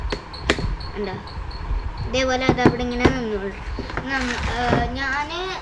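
The locking clip on a pet carrier is opened and released, giving a loud, short snap at 0.5 s, just after a softer tick at 0.1 s. Someone talks over the rest of the clip.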